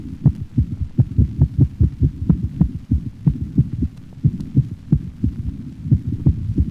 Sudden, rapid burst of heartbeats of similar intensity, duration, and frequency is heard. The normal, slower rhythm is abolished during the burst of rapid heart sounds. Paroxysmal ventricular tachycardia interspersed with a slower, normal rhythm.